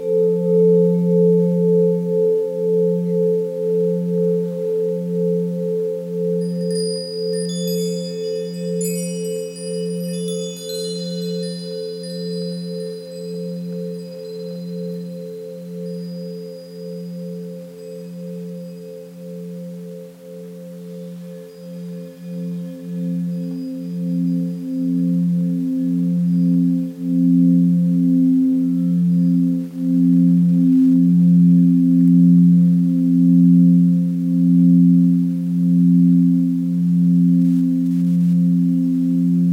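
Tibetan singing bowls ring in a sustained, low hum that throbs in a steady, regular pulse throughout. Between about 7 and 14 seconds, bright shimmering overtones and chime-like pings float above. After roughly 21 seconds the throbbing deepens and grows louder.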